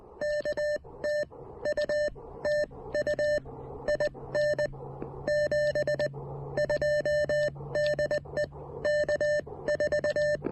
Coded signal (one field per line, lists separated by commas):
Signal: Morse code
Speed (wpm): 20 wpm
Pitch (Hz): 590 Hz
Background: none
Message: K TU TU IN 72 DE K4